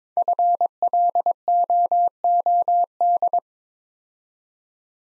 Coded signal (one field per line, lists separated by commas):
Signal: Morse code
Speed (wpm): 22 wpm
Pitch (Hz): 700 Hz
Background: none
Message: FLOOD